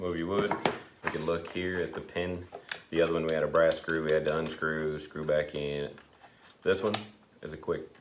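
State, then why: Not seated. Someone talks while handling the quick-slide locking pin on a Kreg pocket hole jig, the pin that replaced the older brass screw, with faint light handling sounds under the voice. The pin has not yet slid down into place, and nothing has locked or clicked yet.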